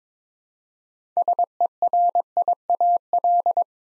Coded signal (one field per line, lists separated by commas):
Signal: Morse code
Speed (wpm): 22 wpm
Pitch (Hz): 700 Hz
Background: none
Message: SERIAL